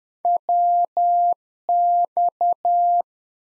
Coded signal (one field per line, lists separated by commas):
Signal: Morse code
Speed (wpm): 10 wpm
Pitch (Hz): 700 Hz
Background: none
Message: WX